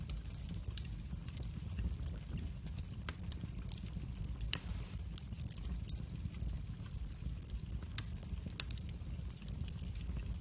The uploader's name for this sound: COZY AUTUMN FIREWOOD BURNING